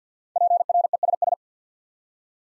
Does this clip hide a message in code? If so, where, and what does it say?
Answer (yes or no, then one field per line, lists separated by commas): yes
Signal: Morse code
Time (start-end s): 0.4-1.3 s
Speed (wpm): 50 wpm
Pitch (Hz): 700 Hz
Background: none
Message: PRESS